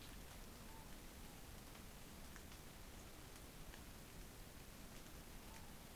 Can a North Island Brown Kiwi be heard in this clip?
no